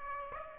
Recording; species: mosquito wingbeat signal from an infrared sensor; Aedes aegypti